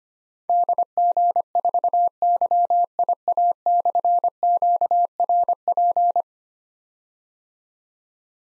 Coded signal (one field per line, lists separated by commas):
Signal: Morse code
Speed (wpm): 25 wpm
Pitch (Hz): 700 Hz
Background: none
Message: DG4YIA/QRP